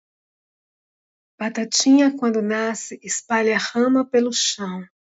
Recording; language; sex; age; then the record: short text; Brazilian Portuguese; female; 50 to 59 years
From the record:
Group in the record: control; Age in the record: 59 years